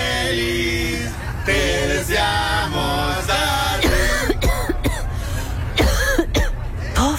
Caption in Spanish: Yo sin poder acercarme por este ataque de tos que tengo. Muxol adulto, indicado para el alivio de la tos con flema.